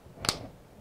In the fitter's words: we heard a click all right so another nice feature of it is